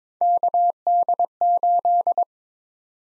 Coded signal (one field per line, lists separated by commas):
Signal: Morse code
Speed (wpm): 21 wpm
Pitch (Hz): 700 Hz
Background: none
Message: KD8